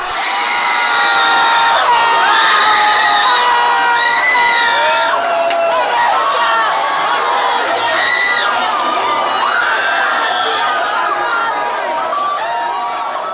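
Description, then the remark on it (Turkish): A large street crowd on Azpilicueta street cheers and shouts continuously after the Netherlands won a football match against Costa Rica, with many high voices yelling and whooping over a dense, steady roar of excited chatter that stays loud throughout. “Hollanda'nın kazanmasının ardından da Azpilicueta sokağında bu çığlıklar yükseldi.”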